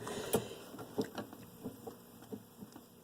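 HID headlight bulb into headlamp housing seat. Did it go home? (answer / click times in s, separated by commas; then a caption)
no / none. A replacement HID headlight bulb is pushed into its seat in the headlamp housing of a Ford Flex, giving only a series of soft taps and light knocks with no clear click. The bulb has not seated yet.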